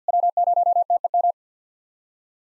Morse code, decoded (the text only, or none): W0TEM